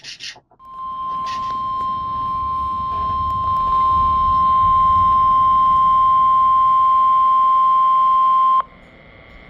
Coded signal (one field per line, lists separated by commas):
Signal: Emergency Alert System (SAME) tones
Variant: 1050 Hz attention tone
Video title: The Rest of June's Tests (New EAS 1,095-1,100)